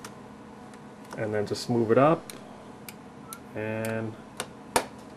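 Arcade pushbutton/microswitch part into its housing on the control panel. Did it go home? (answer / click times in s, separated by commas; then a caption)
yes / 4.4 s, 4.8 s. Someone talks while inserting the bottom of a plastic arcade pushbutton or microswitch part into its housing on an arcade control panel, then rotating it up. Two sharp clicks at 4.4 s and 4.8 s mark the part snapping into place, seated.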